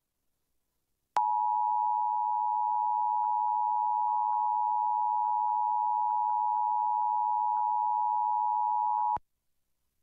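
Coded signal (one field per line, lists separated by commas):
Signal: Emergency Alert System (SAME) tones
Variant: 853 and 960 Hz attention tone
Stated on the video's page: Real 2023 national test broadcast on Tampa Bay TV stations, unedited, recorded from a streaming TV service.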